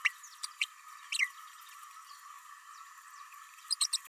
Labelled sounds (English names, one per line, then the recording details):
Green-rumped Parrotlet babbling
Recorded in a nest box in Venezuela
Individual 18B104A3